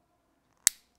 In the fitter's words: And it kind of gives a nice little click and it's captured.